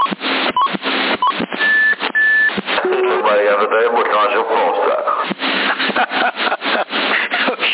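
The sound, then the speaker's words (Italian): A CB radio roger beep on the 27 MHz CB band in Sassari: two short, steady, fairly high tones in quick succession over scratchy, tinny radio noise, followed by muffled, garbled radio talk. “questo è il bip, vai da dillo, mi.”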